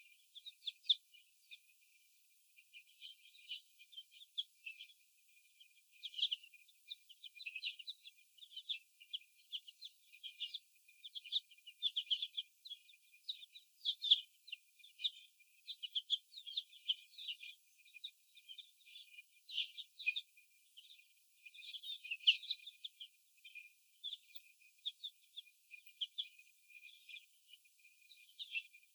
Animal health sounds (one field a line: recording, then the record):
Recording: young laying hens in a cage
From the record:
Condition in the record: after the stressor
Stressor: sudden umbrella opening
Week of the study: 2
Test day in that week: 1